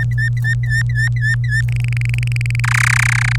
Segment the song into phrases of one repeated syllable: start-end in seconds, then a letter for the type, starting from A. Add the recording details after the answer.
0.11-1.61 A, 1.68-2.60 B, 2.64-3.36 C. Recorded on 26 April 2018 at 15:45. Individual llb3